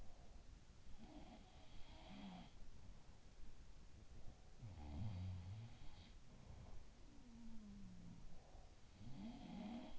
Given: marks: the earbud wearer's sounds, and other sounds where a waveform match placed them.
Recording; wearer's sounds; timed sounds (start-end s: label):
sounds in sleep by an in-ear microphone; breath
0.00-0.39 s: breath
0.91-3.18 s: sound from someone else or the room
4.53-8.58 s: sound from someone else or the room
8.68-9.99 s: sound from someone else or the room